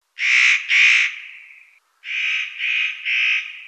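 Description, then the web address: Spotted nutcracker giving harsh, rasping calls: two grating notes, the second trailing off, then after a pause three more scratchy calls in quick succession. "Rabenvogel. Tannenhaeher Rufe"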